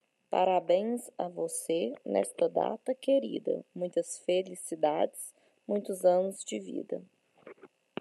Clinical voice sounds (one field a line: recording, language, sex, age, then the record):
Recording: short text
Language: Brazilian Portuguese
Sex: female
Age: 30 to 39 years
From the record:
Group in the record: control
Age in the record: 36 years